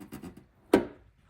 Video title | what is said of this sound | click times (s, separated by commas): How To Change Front Turn Signal Bulb Dodge Durango 04 05 06 07 08 09 2004 2005 2006 2007 2008 2009 | like you kind of heard that click | 0.7 s